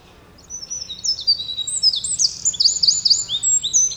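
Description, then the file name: Eurasian wren song, a loud, high-pitched cascade of quick warbled notes and rapid trills. "Troglodytes troglodytes"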